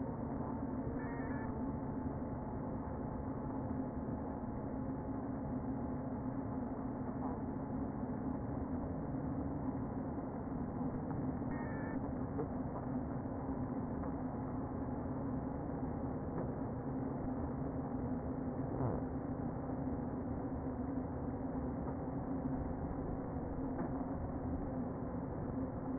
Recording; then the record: honeybee colony, microphone inside the hive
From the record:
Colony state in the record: queen present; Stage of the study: before two queens were removed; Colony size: about 60,000 bees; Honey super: yes